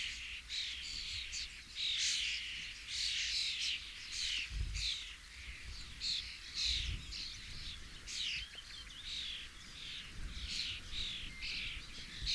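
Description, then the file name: Common starling calls, a busy stream of rasping chatter, clicks and thin whistles in quick bursts, with some low rumbling in the background. "Storno Sturnus vulgaris FEDERICO Lionel"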